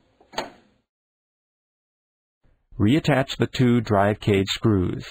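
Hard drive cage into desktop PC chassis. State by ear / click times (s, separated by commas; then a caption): seated / 0.4 s. A metal hard drive cage in an HP Presario SR5000 desktop PC has its four side tabs lined up with the four slots inside the case and is slid down until it snaps into place, giving a sharp click at 0.4 s. The cage is seated, and after a short silence someone talks.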